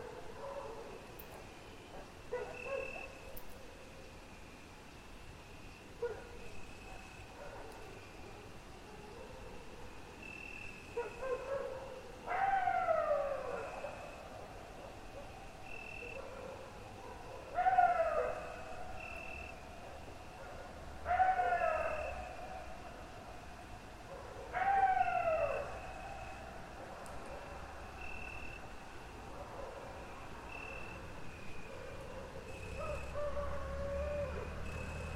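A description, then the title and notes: Wolves and dogs howl in a drawn-out, rising and falling chorus, with four louder falling howls arriving near 12, 18, 21 and 25 seconds. Between them, fainter overlapping voices hold long steady tones, and a low rumbling hum runs underneath throughout. Wolves and Dogs: Howling in Harmony. The sounds of howling in wolves and dogs.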